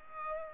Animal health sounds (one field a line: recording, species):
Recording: mosquito wingbeat signal from an infrared sensor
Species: Culex pipiens